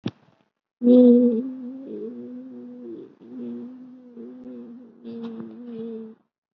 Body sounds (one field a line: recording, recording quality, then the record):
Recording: sustained vowel as in beet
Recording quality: excellent, no background noise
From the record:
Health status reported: COVID-19 positive, mild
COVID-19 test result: positive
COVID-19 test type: RT-PCR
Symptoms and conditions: sore throat, another condition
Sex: female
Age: 66 years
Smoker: no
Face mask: not worn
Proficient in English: no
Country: India